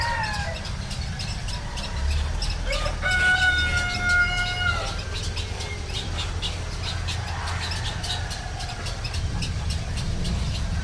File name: village pitulu indonesia roosters white herons traffic